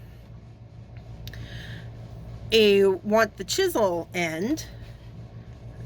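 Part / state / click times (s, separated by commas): alcohol marker into airbrush adapter slot / seated / 1.3 s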